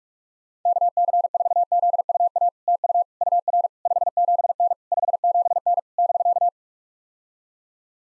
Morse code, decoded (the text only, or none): KC4ZUA TU UR 57N 57N <BK>